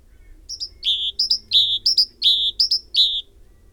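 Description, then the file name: Great tit repeating a phrase of two quick high notes followed by a longer, lower note, given four times in quick succession. "Parus major"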